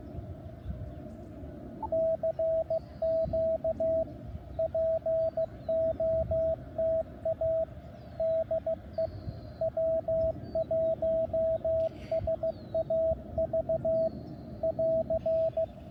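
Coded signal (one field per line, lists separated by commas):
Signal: Morse code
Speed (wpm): 16 wpm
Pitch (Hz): 650 Hz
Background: radio noise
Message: CQ POTA DE W1SAV <AR>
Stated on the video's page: CW park activation on 15, 10, 12, 17 and 20 m; noise floor S1-2, most contacts weak.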